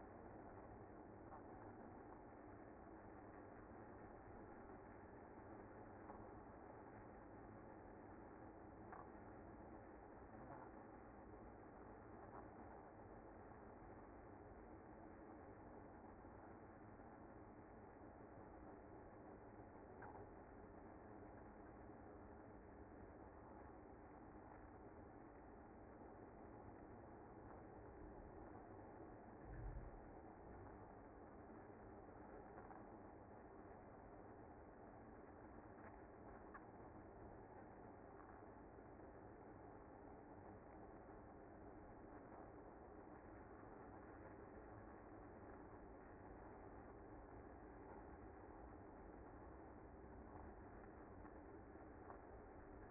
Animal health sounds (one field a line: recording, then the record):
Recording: honeybee colony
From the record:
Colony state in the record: active